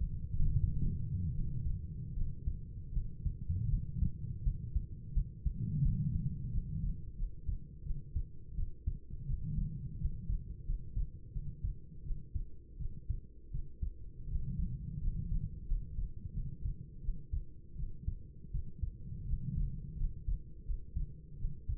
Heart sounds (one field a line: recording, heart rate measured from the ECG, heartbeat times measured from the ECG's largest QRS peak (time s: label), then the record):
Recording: heart sounds by stethoscope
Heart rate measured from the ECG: 83 bpm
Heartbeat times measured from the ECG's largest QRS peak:
0.48 s: heartbeat
1.31 s: heartbeat
2.13 s: heartbeat
2.92 s: heartbeat
3.68 s: heartbeat
4.42 s: heartbeat
5.12 s: heartbeat
5.81 s: heartbeat
6.49 s: heartbeat
7.15 s: heartbeat
7.82 s: heartbeat
8.54 s: heartbeat
9.25 s: heartbeat
9.97 s: heartbeat
10.64 s: heartbeat
11.31 s: heartbeat
12.02 s: heartbeat
12.77 s: heartbeat
13.50 s: heartbeat
14.27 s: heartbeat
14.99 s: heartbeat
15.66 s: heartbeat
16.32 s: heartbeat
17.00 s: heartbeat
17.75 s: heartbeat
18.50 s: heartbeat
19.24 s: heartbeat
19.96 s: heartbeat
20.64 s: heartbeat
21.36 s: heartbeat
From the record:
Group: healthy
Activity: rest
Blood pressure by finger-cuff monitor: 103/57 mmHg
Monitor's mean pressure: 71 mmHg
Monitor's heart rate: 84 bpm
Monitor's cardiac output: 7.4 L/min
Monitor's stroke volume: 86 mL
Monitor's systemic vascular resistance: 690 dyn s/cm5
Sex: female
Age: 26 years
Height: 165 cm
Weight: 55 kg